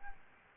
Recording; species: mosquito wingbeat signal from an infrared sensor; Aedes albopictus